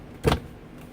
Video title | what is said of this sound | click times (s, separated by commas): 5th Gen 4Runner console removal | Pull up on the side until you hear it pop out. | 0.3 s